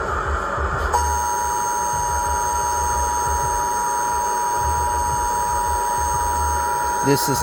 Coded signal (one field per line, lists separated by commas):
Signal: Emergency Alert System (SAME) tones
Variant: 853 and 960 Hz attention tone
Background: speech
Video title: The 9/11 True Beginning Stories For The Attacks Issued To EAS Of 9/11/001 September11th2001Recording